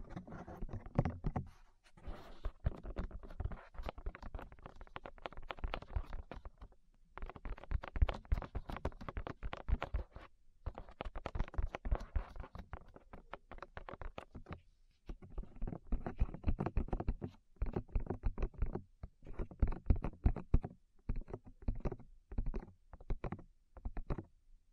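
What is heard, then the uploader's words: Fast tapping on the ears, a dense run of soft, muffled knocks with a deep thump under each hit. The taps come in bursts of a few seconds, broken by brief silences near 2, 7, 10 and 15 seconds, then shorter, choppier stretches toward the end. ASMR Tap Your Ears 3Dio (No Talking).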